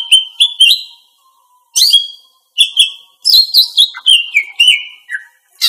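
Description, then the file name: Greater green leafbird song: lively run of varied whistled notes, some slurring downward, with brief gaps between phrases. Female bird. "cucak ijo betina"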